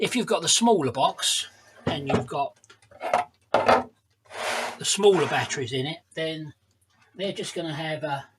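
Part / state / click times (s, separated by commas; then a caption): battery terminal connector onto a mobility scooter battery / not seated / none. Someone talks while handling the round push-on battery terminal connector of the small battery box, with small batteries inside, on a Drive Scout mobility scooter (also Spitfire, Venture and Explorer); the terminals simply press together and clip on without screws. A few short ticks sound between the speech, but the connector has not yet been pushed home, so nothing has seated or clicked yet.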